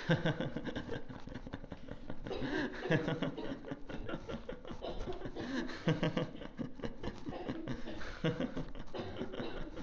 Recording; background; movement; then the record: laughter; a bystander coughing; walking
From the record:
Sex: male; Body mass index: 22.0 kg/m2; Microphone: on the chest, facing outward